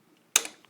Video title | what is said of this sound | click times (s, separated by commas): Hp z800 tear down | seat that back in until it clicks. Very easy. | 0.4 s